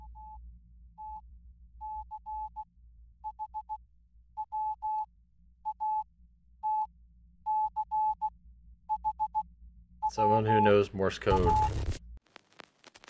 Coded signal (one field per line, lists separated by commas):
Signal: Morse code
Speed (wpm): 16 wpm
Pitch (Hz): 860 Hz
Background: speech, music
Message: TTCH WATCH WA